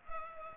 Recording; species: mosquito wingbeat signal from an infrared sensor; Culex pipiens